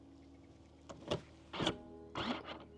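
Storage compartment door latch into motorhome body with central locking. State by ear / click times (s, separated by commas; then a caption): seated / 1.1 s, 1.7 s. A storage-compartment door with central locking and two anchor points is pushed shut into the body of a 2022 Niesmann + Bischoff Arto 88 EK motorhome in Eifel grey, over a steady low hum. A faint tick at 0.9 s leads into latch clicks at 1.1 s and 1.7 s, followed by a further broadband burst around 2.2–2.3 s. The door latches and is confirmed properly locked.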